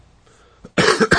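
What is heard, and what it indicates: Two loud, harsh coughs in quick succession from an adult man after a brief quiet moment, during a spoken conversation. He has a cold, with congestion, a pounding headache, and drainage that makes him cough a lot.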